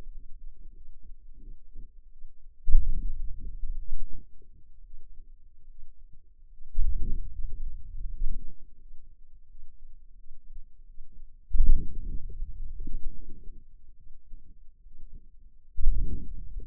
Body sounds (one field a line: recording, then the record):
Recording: forearm muscle sounds (acoustic myography)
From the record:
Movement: hand opening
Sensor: system 2, bracelet of six BSWA MPA416 microphones around the upper forearm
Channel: 5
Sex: female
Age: 23 years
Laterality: right